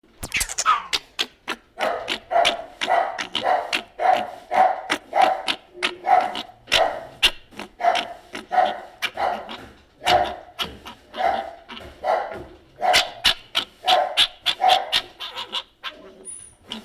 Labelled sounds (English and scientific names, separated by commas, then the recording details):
Fennec Fox (Vulpes zerda)
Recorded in captivity
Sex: male
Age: adult
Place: Tierpark Berlin, Berlin, DE
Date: 1967-12-02
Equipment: R 20/1, Sennheiser MD 421
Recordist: Tembrock, Günter